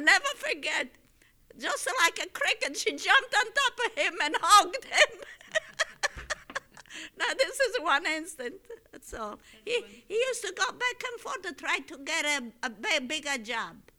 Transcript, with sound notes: I never forget, just like a cricket, she jumped on top of him and hugged him. ( she laughs ) Now, this is one instance, that's all. He used to go back and forth and try to get a bigger job.